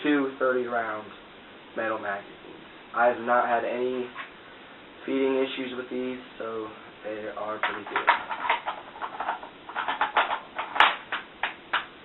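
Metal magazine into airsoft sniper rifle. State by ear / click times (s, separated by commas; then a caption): seated / 10.8 s. Someone talks, then a 30-round metal magazine is pushed into a TSD SD96B airsoft sniper rifle with a series of short knocks and rattles. The magazine clicks into place at 10.8 s, locking it seated and ready to fire.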